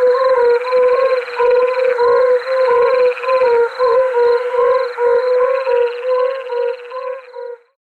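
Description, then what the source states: Yellow-bellied toad giving soft tonal calls in a steady series, fading out near the end. Breeding-season calls, given while the toads inflate themselves to many times their body volume; described as strange whistling calls; found in puddles, on forest paths and in small ponds.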